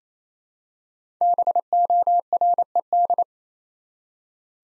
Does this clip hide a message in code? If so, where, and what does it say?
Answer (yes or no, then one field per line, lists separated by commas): yes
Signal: Morse code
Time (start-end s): 1.2-3.2 s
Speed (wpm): 29 wpm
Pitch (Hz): 700 Hz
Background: none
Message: BORED